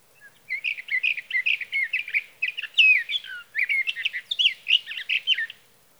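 Sage thrasher song, a long continuous run of warbled, slurred phrases around the upper middle range, notes tumbling quickly one into the next for about five seconds, otherwise quiet.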